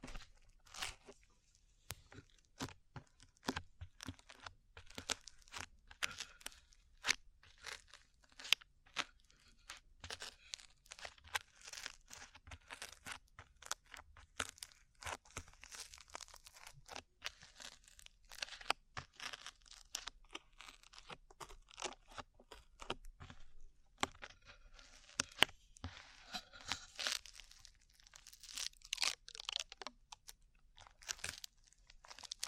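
Sticky slime is squished and pulled in a dense, irregular run of crackly, wet pops and crinkles, steady throughout with brighter bursts near the end.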